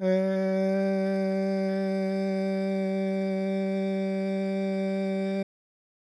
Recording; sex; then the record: sustained vowel /e/; male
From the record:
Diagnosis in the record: Parkinson's disease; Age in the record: 71 years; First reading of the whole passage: 60 s, 8.7 characters per second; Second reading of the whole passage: 57 s, 9.1 characters per second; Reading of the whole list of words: 54 s, 5.3 characters per second